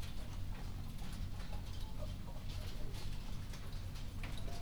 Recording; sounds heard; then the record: poultry house recording; healthy chickens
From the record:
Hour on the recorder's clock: 21